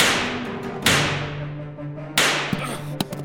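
Three sharp shots from a large pistol fired at a door lock crack out at uneven intervals, each loud report trailing off in a ringing decay, with a couple of faint metallic clicks after the last one.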